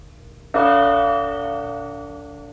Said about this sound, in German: Die genaue Zeit? Mit dem Gongschlag ist es 17 Uhr.